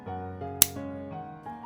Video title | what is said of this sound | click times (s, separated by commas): 【実銃紹介】CZ82 - じっくり見て行こう！ | This one locks so you will have to pull harder but once it clicks, | 0.6 s